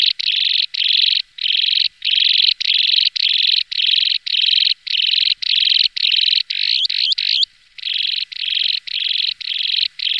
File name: jespák-ploskozobý